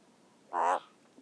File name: alka hangja